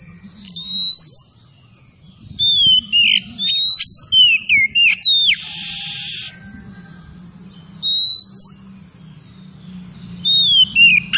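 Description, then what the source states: Oriental magpie-robin song in short bursts of clear whistles, swooping up and down, with pauses between, a brief hissing burst midway and a low steady hum underneath. Known as kacer tretes; singing vigorously (gacor).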